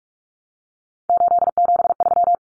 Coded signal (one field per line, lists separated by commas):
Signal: Morse code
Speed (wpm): 44 wpm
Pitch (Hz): 700 Hz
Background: none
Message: 873